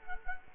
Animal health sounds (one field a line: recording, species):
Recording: mosquito wingbeat signal from an infrared sensor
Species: Culex quinquefasciatus